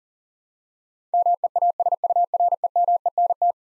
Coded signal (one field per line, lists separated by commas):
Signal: Morse code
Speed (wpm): 38 wpm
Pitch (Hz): 700 Hz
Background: none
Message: MEASUREMENT